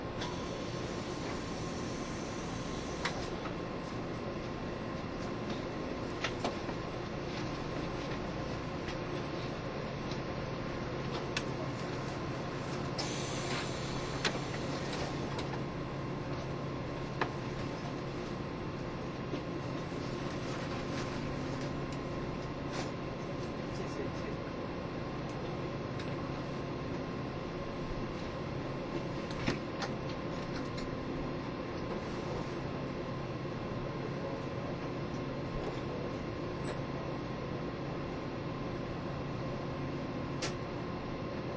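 An EMU1200 electric train speeds along, its nose-suspended traction motors growling with a steady, layered drone and a sustained whine. The roar stays constant throughout, with faint clicks and rattles from the rails scattered across it and brief sharper squeals around the middle.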